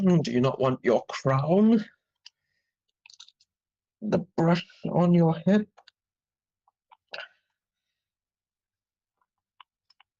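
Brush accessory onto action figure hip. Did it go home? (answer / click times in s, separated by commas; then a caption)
no / none. Someone talks while pushing a small plastic brush accessory onto the hip peg of a plastic Power Rangers Lightning Collection action figure, producing a few faint plastic taps and handling clicks. The brush has not snapped onto the hip yet; it only rests in place.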